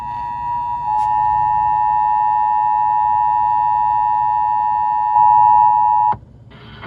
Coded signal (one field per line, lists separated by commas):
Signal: Emergency Alert System (SAME) tones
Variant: 853 and 960 Hz attention tone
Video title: Dust Storm Warning (EAS 2173)